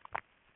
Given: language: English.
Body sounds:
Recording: throat vibration sensor signal played as sound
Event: swallow

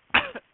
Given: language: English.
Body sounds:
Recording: throat vibration sensor signal played as sound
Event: cough

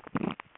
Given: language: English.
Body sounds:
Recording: throat vibration sensor signal played as sound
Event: swallow

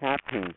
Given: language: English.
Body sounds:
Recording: throat vibration sensor signal played as sound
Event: speech

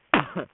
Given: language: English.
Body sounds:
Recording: throat vibration sensor signal played as sound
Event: cough

